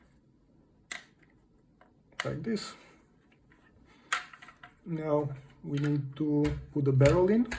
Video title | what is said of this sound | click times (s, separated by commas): Building a 3d printed Shell Ejecting Airsoft Shotgun | and put it from the left side. Wiggle it a little bit and it should click in place. | 0.9 s